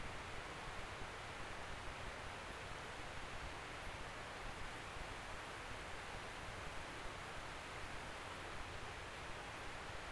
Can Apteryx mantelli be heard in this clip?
no